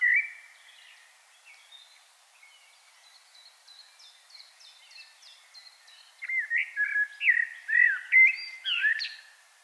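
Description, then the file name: Common blackbird singing, opening with a brief low whistle, then quiet high squeaky notes, then a loud run of fluty, warbling whistles. "Turdus merula"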